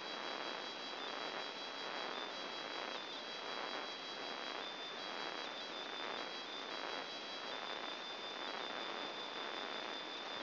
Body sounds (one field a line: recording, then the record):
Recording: brain microelectrode recording played as sound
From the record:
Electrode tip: outside the subthalamic nucleus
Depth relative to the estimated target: 4 mm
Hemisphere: left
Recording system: AlphaMap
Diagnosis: Parkinson's disease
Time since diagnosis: 11 years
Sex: male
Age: 50 years